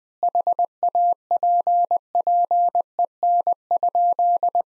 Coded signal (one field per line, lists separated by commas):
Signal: Morse code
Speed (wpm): 20 wpm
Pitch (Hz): 700 Hz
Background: none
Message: HAPPEN?